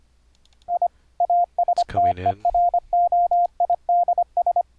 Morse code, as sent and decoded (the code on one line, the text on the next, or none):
.. / .- ... - . .-. --- .. -.. ...
I ASTEROIDS